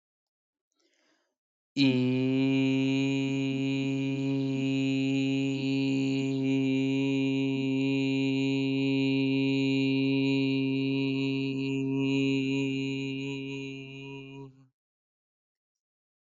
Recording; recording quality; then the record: sustained vowel as in beet; excellent, no background noise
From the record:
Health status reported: healthy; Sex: male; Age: 24 years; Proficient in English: yes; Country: India